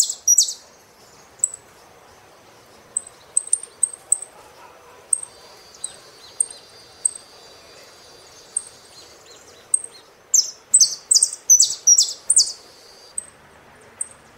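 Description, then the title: Saffron finch song: long run of high thin chips at irregular intervals, building to a rapid series of loud buzzy downslurred phrases near the end. "Jilguero Argentino"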